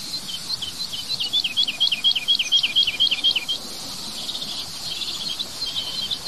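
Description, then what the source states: Woodlark singing a rapid string of repeated, descending liquid notes for about three seconds, then a pause and a fainter continuation. Sings high over a large field by pine woods, hovering directly overhead with heavy wingbeats, marking its territory; falling song with repeated pauses; sometimes sings from trees.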